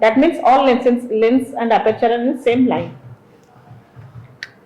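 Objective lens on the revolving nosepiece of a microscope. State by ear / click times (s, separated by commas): seated / 4.4 s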